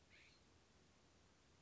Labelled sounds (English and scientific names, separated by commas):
California Scrub-Jay (Aphelocoma californica)